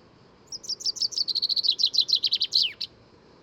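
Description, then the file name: Common chaffinch song phrase of about two seconds: fast chirpy notes that drop in pitch at first and then run level, ending in a flourish that slurs sharply down; faint low background hiss. "Fringilla coelebs"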